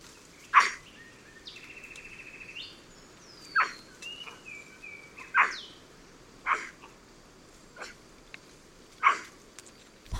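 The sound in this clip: White-throated capuchin barking harshly at irregular intervals, with clear, sliding whistles in the background.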